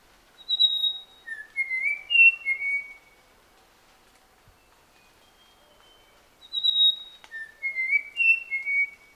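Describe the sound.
Papuan logrunner giving a whistled phrase of clear notes, a high held note, then lower notes stepping upward, repeated twice with a quiet gap between.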